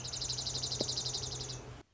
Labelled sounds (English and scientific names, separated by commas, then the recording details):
Dark-eyed Junco (Junco hyemalis)
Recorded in Sonoma County, California